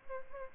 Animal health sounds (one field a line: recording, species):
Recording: mosquito wingbeat signal from an infrared sensor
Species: Aedes albopictus